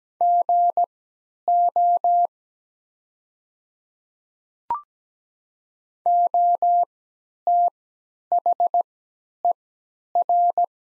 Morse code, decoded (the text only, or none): GO OTHER